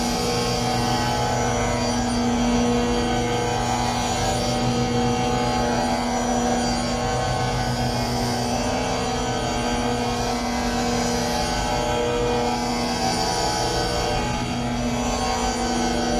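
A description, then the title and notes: A processed tambura drone hums steadily at even loudness, layered low tones under shimmering bright overtones that slowly swell and drift throughout. Modified Longform Tambura Drone. This is an experimental long form drone from a tambura recording gradually mixed with signal processing of various forms.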